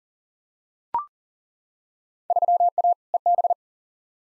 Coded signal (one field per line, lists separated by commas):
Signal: Morse code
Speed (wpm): 40 wpm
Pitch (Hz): 700 Hz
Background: none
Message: 3A EB